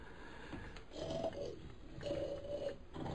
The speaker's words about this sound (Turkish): Yan odada horlayarak uyuyan … derin uykuda.